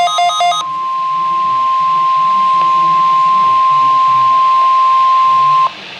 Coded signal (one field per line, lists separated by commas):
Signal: Emergency Alert System (SAME) tones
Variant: 1050 Hz attention tone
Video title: Required Weekly Test 8-8-12 (EAS#46)